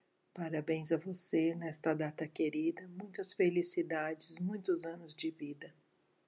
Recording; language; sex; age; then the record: short text; Brazilian Portuguese; female; 50 to 59 years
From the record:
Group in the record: control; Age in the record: 55 years